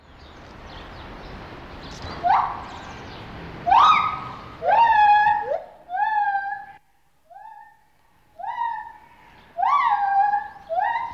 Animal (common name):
Lar Gibbon